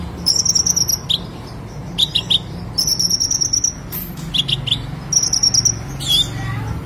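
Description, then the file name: Sunbird song of thin, very high trilled phrases repeated at short intervals, with short chirps between. "Kolibri Lebah"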